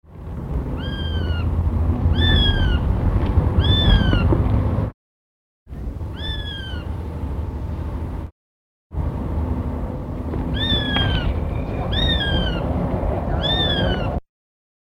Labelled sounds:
Eurasian Sparrowhawk call
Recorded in captivity
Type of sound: call
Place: Tierpark Berlin, Berlin, DE
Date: 1960-11-06
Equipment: Minifon, Kopie Smaragd
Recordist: Tembrock, Günter
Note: Rufreihe eines einzelnen Tieres in der Falknerei (aufgeblockt)

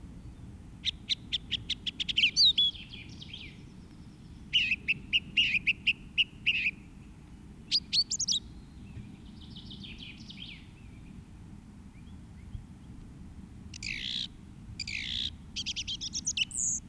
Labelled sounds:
Song Thrush song
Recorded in the wild
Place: Karlstal, Rheinland-Pfalz, DE
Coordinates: 49.3511, 7.75639
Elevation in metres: 350
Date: 1972-03-24
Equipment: Uher 4000
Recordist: Tretzel, Erwin

